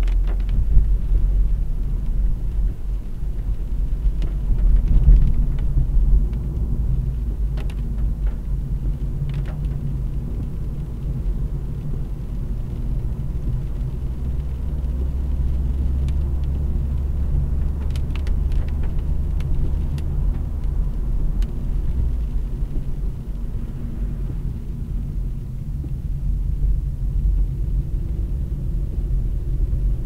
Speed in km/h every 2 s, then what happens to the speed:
45, 51, 55, 52, 50, 49, 59, 64, 62, 64, 65, 46, 30, 33, 36.
0-4 speeds up to 55. 4-10 steady at about 50. 10-14 speeds up to 64. 14-20 steady at about 64. 20-24 brakes to 30. 24-30 speeds up to 36.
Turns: 6-11, 23-30.